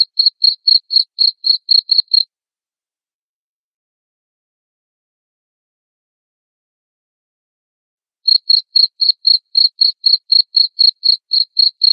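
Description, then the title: Cricket giving rapid high chirps at about four per second for two seconds, falling silent for around six seconds, then resuming the same even rhythm. Loud cricket chirping (ngerik) said to make lovebirds sing ngekek continuously. "Suara JANGKRIK NGERIK Keras Bikin LOVEBIRD Jadi NGEKEK Terus Vubey"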